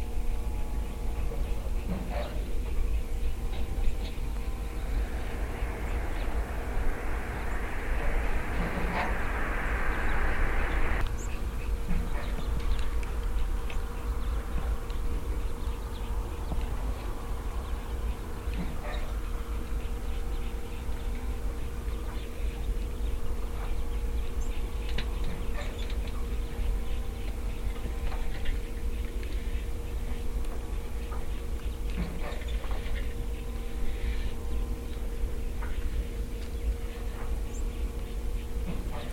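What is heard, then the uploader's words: An oil pumpjack runs steadily in a field, a constant low mechanical drone with a fixed hum that never changes pitch. Scattered light clicks and knocks come throughout, and a brighter hissing wash rises from about five to eleven seconds before dropping away. Oil pumpjack in field 2of2 - Binaural field recording, Bakersfield, CA. This is a binaural audio recording.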